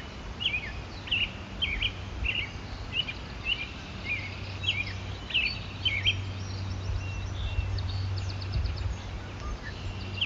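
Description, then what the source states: American Robin song, a run of clear whistled phrases, with other faint birds and a steady low rumble beneath. Tail end of the dawn chorus in upstate New York; the American Robin is the most prominent song.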